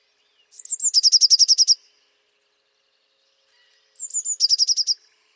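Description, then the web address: Eurasian blue tit giving two phrases, each of a few thin, very high notes followed by a rapid, even trill of seven to ten notes, with a long quiet pause between. "cianscape birddata Deverinetal 2025 File origin Bird Only Cy Ca"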